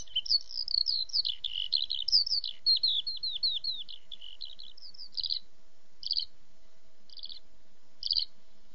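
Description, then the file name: Eurasian skylark song, a fast run of high chirping and warbling phrases for about five seconds, then breaking into a few isolated short twitters spaced about a second apart. "feldlerche"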